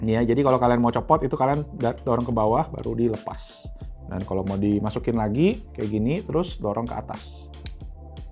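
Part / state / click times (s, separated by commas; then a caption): detachable game controller onto handheld gaming PC body / seated / 7.7 s. Someone talks over background music while a detachable game controller is pushed onto the side rail of a Lenovo Legion Go handheld gaming PC and slid up. It locks into place with a single sharp click at 7.7 s, and the controller is seated.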